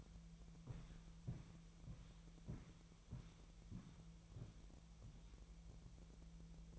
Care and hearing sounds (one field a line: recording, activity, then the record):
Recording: daily activity, microphone in the room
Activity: walk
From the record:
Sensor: 1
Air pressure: 1002.1 hPa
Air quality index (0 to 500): 236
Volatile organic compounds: 91 ppm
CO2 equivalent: 3689 ppm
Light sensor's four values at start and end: 8/19/8/9 and 8/18/7/8